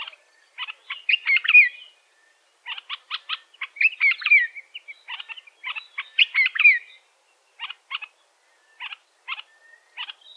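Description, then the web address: African red-eyed bulbul calling in short chattering bursts of clipped notes mixed with liquid slurred whistles, phrases separated by brief pauses, then a few scattered single notes. "African red eyed bulbul. بلبل-چشم-سرخ"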